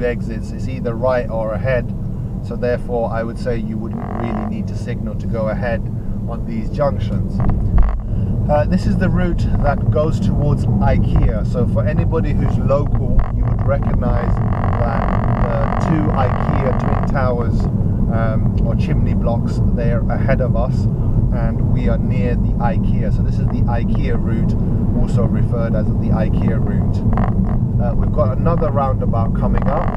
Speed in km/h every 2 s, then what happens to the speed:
24, 24, 24, 27, 34, 34, 39, 40, 40, 42, 42, 40, 40, 39, 39.
4-17 speeds up to 42. 17-30 steady at about 40.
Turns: none.